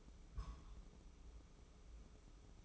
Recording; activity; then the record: daily activity, microphone in the room; place on stove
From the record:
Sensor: 1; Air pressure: 995.5 hPa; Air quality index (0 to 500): 30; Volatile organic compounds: 1 ppm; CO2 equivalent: 554 ppm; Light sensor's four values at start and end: 29/102/39/40 and 29/102/39/40